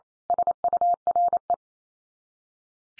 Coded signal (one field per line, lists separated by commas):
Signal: Morse code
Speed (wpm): 28 wpm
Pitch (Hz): 700 Hz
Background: none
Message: SURE